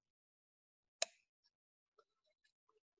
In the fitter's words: you'll hear when it plugs in it makes a definite little click and you